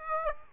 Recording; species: mosquito wingbeat signal from an infrared sensor; Aedes aegypti